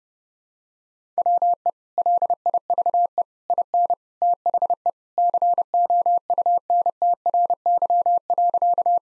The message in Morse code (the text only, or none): WE LIVE IN THE COUNTRY.